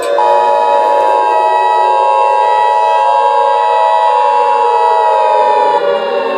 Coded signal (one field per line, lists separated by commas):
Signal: Emergency Alert System (SAME) tones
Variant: 853 and 960 Hz attention tone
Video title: A EAS scenario #6 Perry the platypus